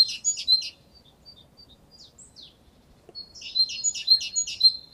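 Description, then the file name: Great tit chirps quickly at first, falls to scattered faint thin notes and a few short slurred notes, then resumes a fast run of sharp high calls. "Parus major"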